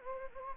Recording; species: mosquito wingbeat signal from an infrared sensor; Anopheles gambiae